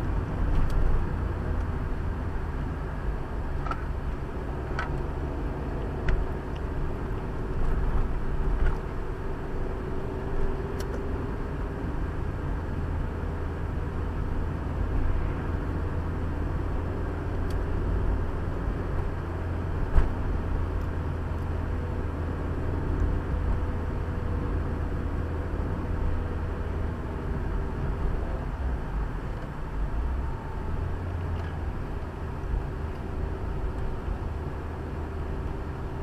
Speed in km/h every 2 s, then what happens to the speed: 46, 40, 41, 47, 43, 42, 46, 49, 48, 49, 47, 46, 50, 45, 42, 34, 25, 28.
0-3 slows to 40. 3-11 steady at about 42. 11-13 speeds up to 49. 13-25 steady at about 48. 25-32 brakes to 25.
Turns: 29-36.